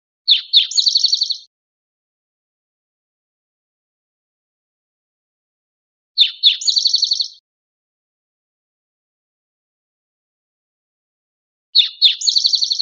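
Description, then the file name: Spotted towhee song: two short buzzy introductory notes and then a fast, rattling trill, repeated three times with long silences in between. "CR SPTO"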